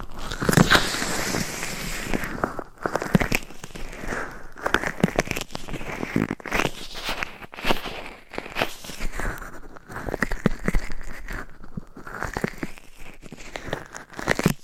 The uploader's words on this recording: ASMR Binaural Mic Scratching & Tapping with Different Gloves & Nails for 100% SLEEP - No Talking.